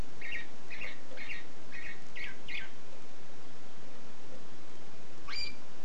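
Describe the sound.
Canary chirps: six short bright notes in a quick, fairly regular row, a brief pause, then a single sharply rising note, with hiss throughout.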